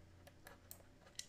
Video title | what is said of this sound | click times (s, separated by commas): Miniature M1 GARAND Unboxing! | and boom and get it to click and then once it clicks | 1.2 s